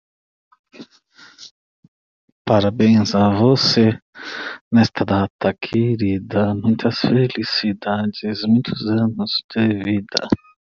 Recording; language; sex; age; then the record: short text; Brazilian Portuguese; male; 40 to 49 years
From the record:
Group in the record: control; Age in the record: 40 years